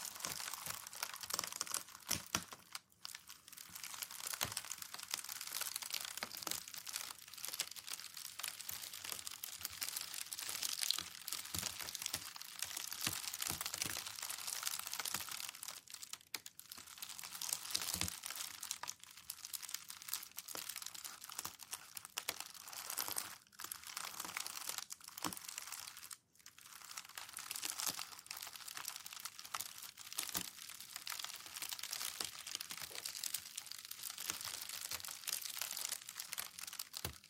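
Packing paper is slowly crinkled, rolled and pressed in a dense, continuous bright rustle, broken by brief pauses near 3, 16, 23 and 26 seconds.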